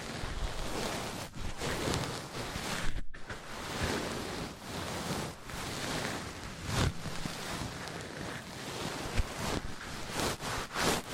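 Mic-on-mic triggers: a dense, rushing scrape and rub fills the clip, sounding almost like wind or surf. It stays fairly steady, with a brief near-silent break around three seconds and sharper bright taps or bumps near 7, 9 and 11 seconds.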